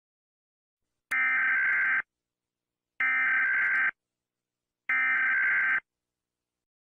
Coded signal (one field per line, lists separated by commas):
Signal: Emergency Alert System (SAME) tones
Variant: header bursts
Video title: Top 2 Puerto Rico Eas Alarm